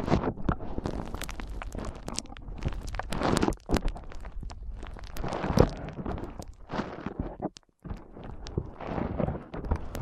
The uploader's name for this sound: ASMR Powerful Foam Brain Massage